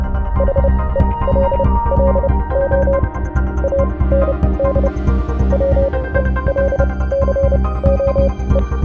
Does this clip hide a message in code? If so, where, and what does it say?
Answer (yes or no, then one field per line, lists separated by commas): yes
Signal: Morse code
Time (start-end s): 0.4-8.6 s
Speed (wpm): 30 wpm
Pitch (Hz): 550 Hz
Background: music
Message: HELLO AND WELCOE